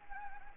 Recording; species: mosquito wingbeat signal from an infrared sensor; Anopheles gambiae